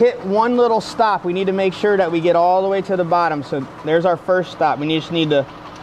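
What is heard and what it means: A plastic transmission fluid level dipstick tool is pushed down the transmission fill/check tube of a 2014 Chrysler Town & Country while someone talks throughout. The tool meets a first stop, but nothing has clicked through or reached the bottom yet.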